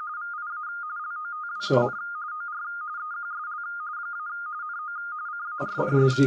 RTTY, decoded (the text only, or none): VIA LOTW, OR EQSL - NO CARDS